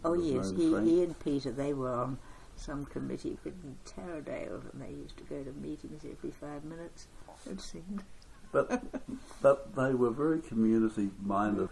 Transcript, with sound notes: Oh yes – he and Peter, they were on some committee in Taradale, and they used to go to meetings every five minutes, it seemed. [Chuckle] But they were very community-minded.